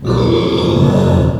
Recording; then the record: squeal of a Yucatan mini pig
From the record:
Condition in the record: after surgery on the right vocal fold (resection and tissue-engineered implant); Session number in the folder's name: 17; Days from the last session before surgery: 195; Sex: female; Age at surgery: 19 weeks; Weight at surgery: 25 kg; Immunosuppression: prednisolone